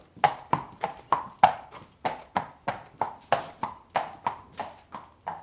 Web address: horse walking stone